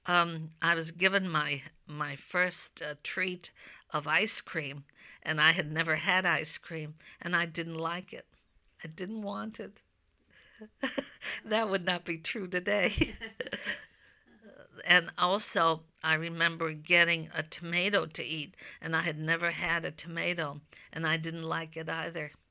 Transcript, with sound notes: I was given my first treat of ice cream, and I had never had ice cream, and I didn't like it. I didn't want it. ( she laughs ) That would not be true today. And also I remember getting a tomato to eat, and I had never had a tomato, and I didn't like it, either.